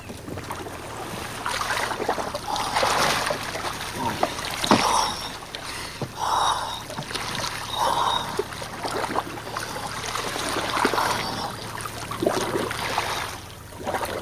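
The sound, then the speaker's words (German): A small boat moves through salty minus 2 degree Celsius water in Antarctica during checks of algae cultures and sampling, a steady rushing wash with repeated splashes and sloshing bursts over a low, constant hum, with no voices. “Mit im Boot sind Carlos Prosperi, der Biologe”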